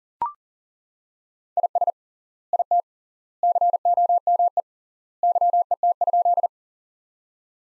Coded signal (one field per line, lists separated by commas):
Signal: Morse code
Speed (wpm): 38 wpm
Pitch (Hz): 700 Hz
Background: none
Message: IS IT COME YET?